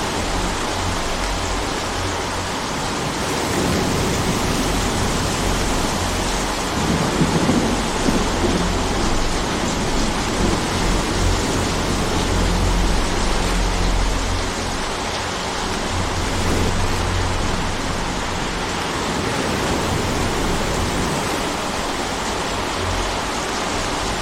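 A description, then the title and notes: Gentle rain falls as a dense, even hiss that stays steady for the whole stretch. A low rumble sits underneath and swells slightly around the middle before settling again, with no separate drops or other sounds standing out. Gentle rain sounds. The rhythmic patter of raindrops.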